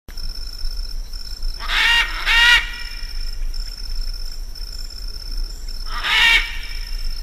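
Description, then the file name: Macaw giving a quick pair of harsh squawks, then a single squawk about four seconds later, over a constant high whine. "canto del guacamayo militar"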